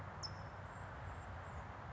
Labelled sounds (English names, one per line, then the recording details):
California Towhee
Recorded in Sonoma County, California